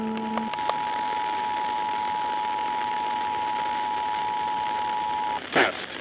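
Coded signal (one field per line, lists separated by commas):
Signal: Emergency Alert System (SAME) tones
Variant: 853 and 960 Hz attention tone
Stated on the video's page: Statewide required monthly test EAS tones.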